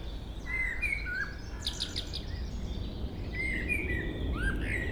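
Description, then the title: Common blackbird song: two fluty warbled phrases, each closed by a brief scratchy high twitter, against constant low-frequency noise. Local blackbird singing at Chemin des cris, Chindrieux, France. "Chemin des cris, Chindrieux, France - Merle"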